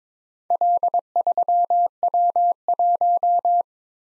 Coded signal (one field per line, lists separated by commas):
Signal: Morse code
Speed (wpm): 23 wpm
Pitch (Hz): 700 Hz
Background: none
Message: L3W1